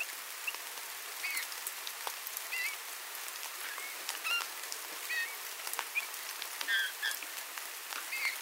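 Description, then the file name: Eurasian bullfinch giving soft, slightly curved whistled notes at irregular intervals, set against dense patter like rain. "Pyrrhula pyrrhula"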